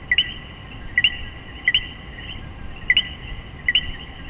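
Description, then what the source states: Common coquí, brisk rising two-note calls, several in close succession, with a persistent high chorus of other frogs beneath. Several coquíes calling together in Puerto Rico.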